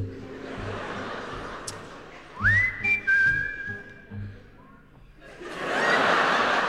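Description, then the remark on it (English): An audience in a large hall whistles along during a song's interlude, with a clear tune that slides upward and holds steady over soft low music, followed by a swell of broad, hissy crowd noise. “Wenn Sie wollen, können Sie jetzt mitpfeifen. Das Zwischenspiel, everybody whistle.”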